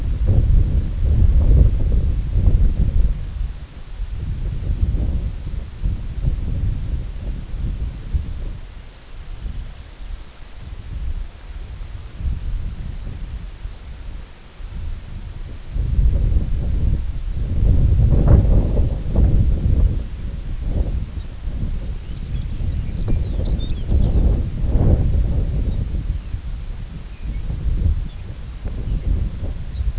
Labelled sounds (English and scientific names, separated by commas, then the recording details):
unidentified sound, Lapland Longspur (Calcarius lapponicus)
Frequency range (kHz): Lapland Longspur (Calcarius lapponicus) 2.1-6.5 kHz
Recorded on Arctic tundra, site IGLO-D, on 19 June 2018
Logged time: 18:00